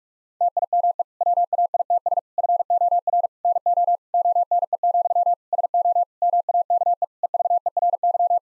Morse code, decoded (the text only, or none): TIME WAITS FOR NO ONE, SO MAKE EVERY